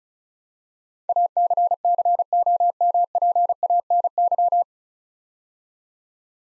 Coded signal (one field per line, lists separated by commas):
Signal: Morse code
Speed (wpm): 36 wpm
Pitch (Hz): 700 Hz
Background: none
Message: ACCOMPANY